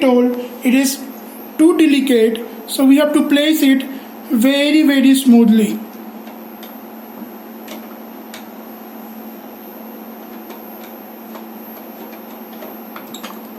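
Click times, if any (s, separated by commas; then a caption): none. Someone talks while a delicate zeta potential flow cell is placed very gently into its socket in a Beckman Coulter Delsa Nano C particle analyzer. Next comes a steady low hum with a few faint, brief ticks around 8.3, 13.0 and 13.2 seconds. The cell has not clicked or seated in its socket yet.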